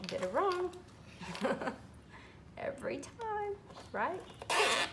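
Someone talks while handling a plastic zip tie, working its tail toward its own ratchet head, and a short burst of noise comes near the end. Nothing has seated or clicked yet.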